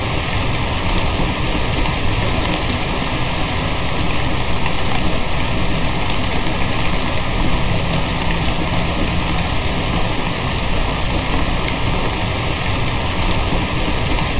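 Steady rain falls without a break, a dense, even hiss that fills everything from a low rumble up to a bright fizz. The level holds constant for the whole stretch, with fine patter of drops and no distinct events standing out.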